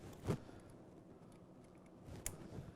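A syrup line fitting is pushed onto the flavor head of an ElectroFreeze Fuzionate frozen dessert machine during reassembly, with a brief broadband rustle near 0.3 s and quiet handling noise after it. A sharp click at 2.3 s shows the fitting has seated, so the connection is made, will not leak, and opens the orifice.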